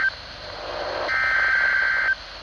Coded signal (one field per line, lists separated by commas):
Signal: Emergency Alert System (SAME) tones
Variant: header bursts